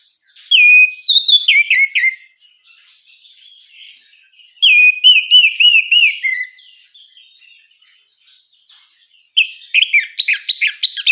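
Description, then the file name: Orange-headed thrush gives three bursts of lively, warbling whistled notes separated by pauses, over a faint steady high tone. Female bird. "suara burung anis merah betina"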